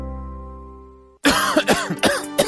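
A sustained musical chord fades out, then an adult gives a quick run of about five short, harsh coughs over roughly one second. The coughing is acted, opening a Polish radio advertisement on Trójka (Polish Radio Three) for Herbapekt, a cough syrup for both dry and wet cough.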